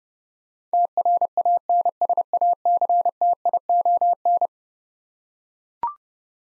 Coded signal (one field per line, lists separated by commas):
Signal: Morse code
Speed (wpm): 30 wpm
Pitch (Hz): 700 Hz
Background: none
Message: TRANSACTION